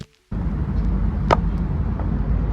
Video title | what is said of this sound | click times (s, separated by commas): Van Life Reality. DIY Engine maintenance. Changing the Oil. | so putting the new oil filter in just twist it and then you will hear like an audible click | 1.3 s